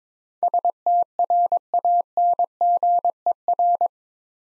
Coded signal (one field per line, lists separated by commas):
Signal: Morse code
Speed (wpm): 22 wpm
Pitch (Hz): 700 Hz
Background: none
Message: STRANGER